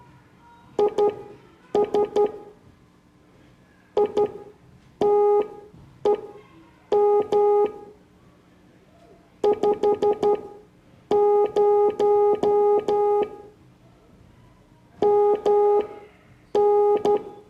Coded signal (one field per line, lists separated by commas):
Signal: Morse code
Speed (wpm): 12 wpm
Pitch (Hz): 410 Hz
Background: none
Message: IS ITEM 50 MN